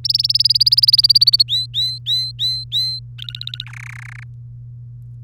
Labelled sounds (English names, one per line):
Domestic Canary song